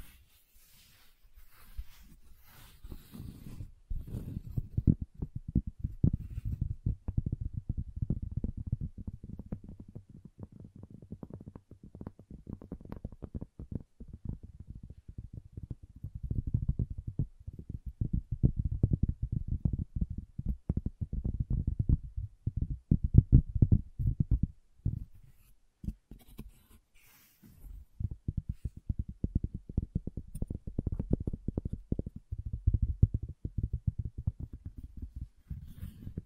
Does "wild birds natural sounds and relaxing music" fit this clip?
no